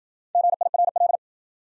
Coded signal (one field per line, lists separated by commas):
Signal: Morse code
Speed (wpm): 52 wpm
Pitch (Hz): 700 Hz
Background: none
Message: GIRL